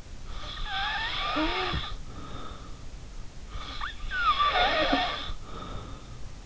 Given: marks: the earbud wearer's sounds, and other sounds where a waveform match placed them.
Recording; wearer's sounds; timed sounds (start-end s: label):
sounds in sleep by an in-ear microphone; snoring breath
0.26-2.83 s: snoring breath
3.49-6.25 s: snoring breath